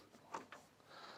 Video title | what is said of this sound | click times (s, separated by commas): Generac 5500 watt Generator powering my Home Grid Will it work? | outlet it's a twist lock so it goes in locks in place so we've got | 0.4 s, 0.5 s